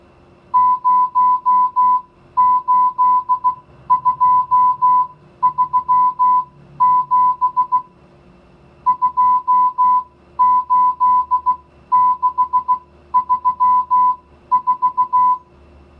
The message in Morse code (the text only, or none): 08237 28634